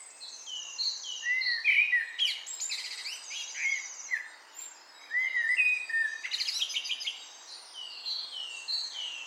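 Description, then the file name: Eurasian blackbird giving mellow rising whistles in two bursts, each followed by a scratchy flourish, while higher twittering continues throughout. "Turdus merula"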